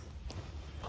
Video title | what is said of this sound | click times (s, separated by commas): 1985 C10 Rear End and Rivets — Squarebody Race Truck Build | she pops right in | 0.3 s